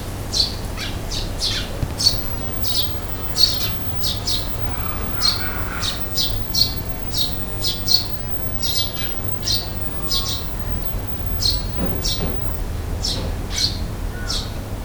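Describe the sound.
Bird calls, short high chirps repeated about once or twice a second in a steady series, over a constant low rumble of background noise.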